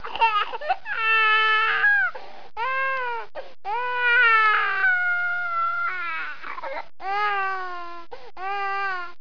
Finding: Baby crying.